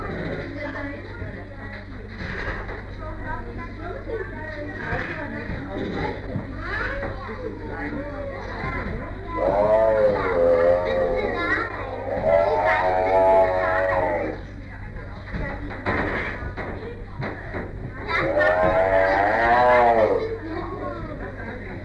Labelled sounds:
Tiger
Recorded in captivity
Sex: pair
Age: adult
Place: Tierpark Berlin, Berlin, DE
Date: 1959-05-28 10:00
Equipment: Smaragd
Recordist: TSA
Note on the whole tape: Begrüßung zwischen Lissy und Cäsar: Prusten von Lissy, Rufe von Cäsar. Abstand ca. 3 m. Aufnahmezeit: 10-14.30 Uhr

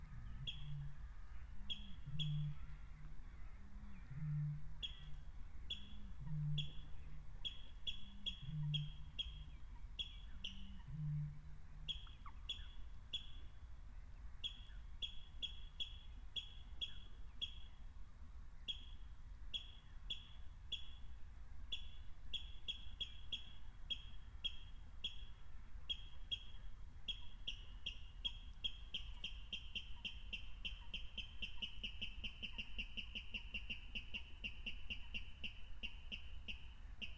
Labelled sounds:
Water Rail song
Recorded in the wild
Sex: male
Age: adult
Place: Kützerhof, Kummerower See, Mecklenburg-Vorpommern, DE
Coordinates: 53.8562, 12.8858
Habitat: wetland
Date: 2010-04-28 23:20
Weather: 13°C, 80% humidity, almost windless
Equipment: Edirol R4, Microtech Gefell MK 250/MV220
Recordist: Giermann, Anita and Frommolt, Karl-Heinz
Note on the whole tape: Kleine Rosin: calibrated recording of a water rail. Distance 22.2 m estimated using a line array (recording

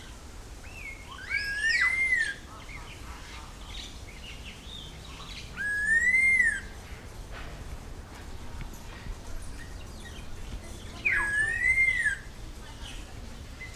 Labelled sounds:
Red-tailed Laughingthrush call
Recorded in captivity
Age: adult
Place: Zoo Berlin, Berlin, DE
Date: 1997-08-28 10:58
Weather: sunny, 22-28°C
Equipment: Sony MD-WM MZ-R3, Sennheiser ME 80, K 30 AV, Kopie Uher 4000 Report Monitor
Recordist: Tembrock, Günter

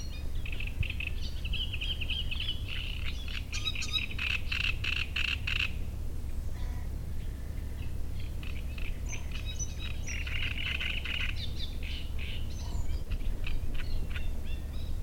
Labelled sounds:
Great Reed Warbler
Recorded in the wild
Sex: male
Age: adult
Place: Müggelsee, Berlin, DE
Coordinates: 52.43, 13.64
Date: 1991-06-07 19:50
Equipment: Uher 4400 Report Monitor, Sennheiser ME 80, K 30 AV
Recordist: Fischer, Stefan

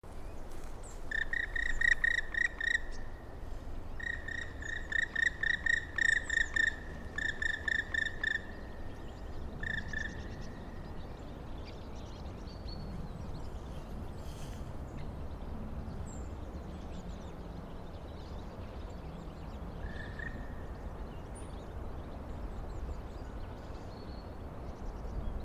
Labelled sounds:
Black Woodpecker flight call
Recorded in the wild
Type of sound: flight call
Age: adult
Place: Bernau bei Berlin, Bernauer Forst, Brandenburg, DE
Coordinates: 52.6975, 13.5211
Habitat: wood
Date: 2007-01-05 12:44
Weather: wechselhaft, ca. 5°C, mäßiger bis starker Wind
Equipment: Sound Devices 702, Sennheiser MKH 70, Windkorb
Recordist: Frommolt, Karl-Heinz
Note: Rieselflächen bei Waldfrieden: Flugrufe eines Schwarzspechtes (krü-krü ). Rufreihe ist komplett. Entfernung 20 bis 30 m. Am Schluss leise ein kijäh-Ruf

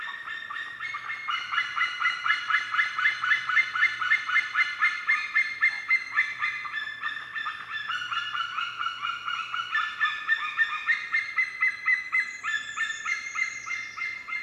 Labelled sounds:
White-tailed Eagle call
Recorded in the wild
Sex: pair
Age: adult
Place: Niederspree, Niederspreer Teichgebiet, Sachsen, DE
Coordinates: 51.3939, 14.8722
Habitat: ponds
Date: 2008-07-31
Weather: heiter, 17°C, windstill
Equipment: Fostex FR2-LE, 2 Sennheiser ME64, Rycote-Windschutz
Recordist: Frommolt, Karl-Heinz

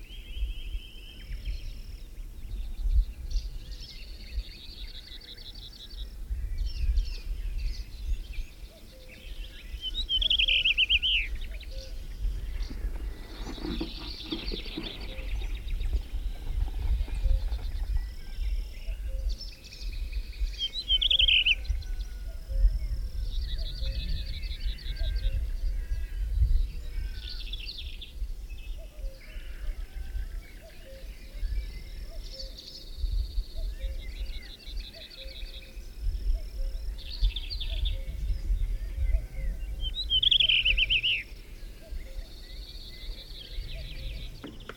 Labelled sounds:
Common Rock Thrush song
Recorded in the wild
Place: Melnik, Blagoewgrad, BG
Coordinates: 41.525, 23.392
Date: 1974-05-24
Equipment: Nagra III BH, Sennheiser MD 21, parabola
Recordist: Schubert, Michael
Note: Gesang Steinrötel

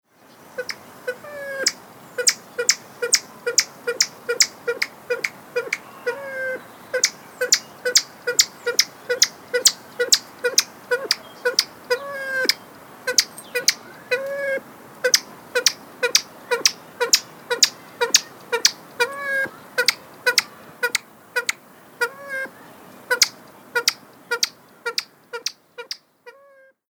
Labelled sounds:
Edwards's Pheasant
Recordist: Tembrock, Günter
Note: Vietnamfasan: Lautfolgen

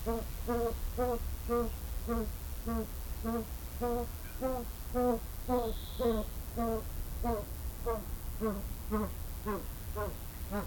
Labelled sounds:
White Eared Pheasant call
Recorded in captivity
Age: adult
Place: Tierpark Berlin, Berlin, DE
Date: 1994-07-09 12:48
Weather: heiter, 16-20°C, böiger Wind
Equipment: Marantz CP 430, Sennheiser ME 80, Kopie Uher Variocord 263
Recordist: Tembrock, Günter

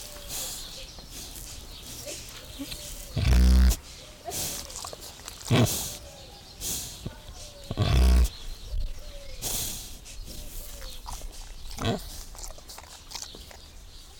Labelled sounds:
Wild Boar
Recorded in captivity
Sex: female
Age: adult
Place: Zoo Halle, Sachsen-Anhalt, DE
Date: 1995-04-09 14:35
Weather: wolkig, ca. 10°C
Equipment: Marantz CP 430, Sennheiser ME 80, Kopie Uher 4000 Report Monitor
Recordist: Tembrock, Günter
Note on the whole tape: Weibchen am Mikro: Schnaufen, Langlaute

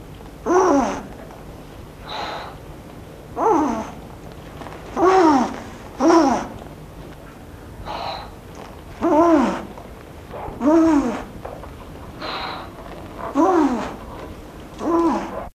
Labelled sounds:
Salmon-crested Cockatoo call
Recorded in captivity
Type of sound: call
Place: Ruhr-Zoo Gelsenkirchen, Nordrhein-Westfalen, DE
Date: 1976-10-02
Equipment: Halbspur, 9,5 cm/s
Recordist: Lütgens, Hans
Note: Abwehrend

